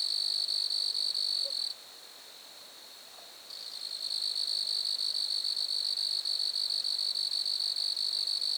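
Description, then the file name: Grasshopper stridulation: a high, buzzy trill, a pause of nearly two seconds, then the pulsed buzz returns and steadies. Lac-à-François, Montcerf-Lytton, Quebec, Canada. "criquets-grasshoppers- -lac-acc 80-franccca 7 ois-montcerf-lytton-quecc 81 bec-canada"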